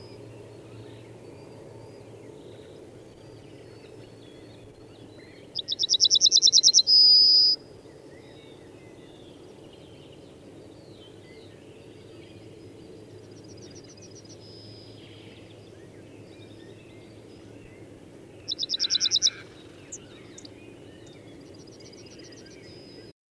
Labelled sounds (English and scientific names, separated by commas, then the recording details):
Yellowhammer (Emberiza citrinella) song
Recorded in the wild
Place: Gingst, Insel Rügen, Mecklenburg-Vorpommern, DE
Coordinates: 54.456, 13.311
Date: 1978-04-19
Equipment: Nagra III BH, Sennheiser MD 21, parabola
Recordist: Schubert, Michael